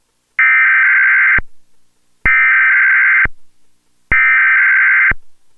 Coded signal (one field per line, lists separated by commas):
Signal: Emergency Alert System (SAME) tones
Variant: header bursts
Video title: EAS #4-8: 5 EAS Required Weekly Tests- Oct. 25, 2011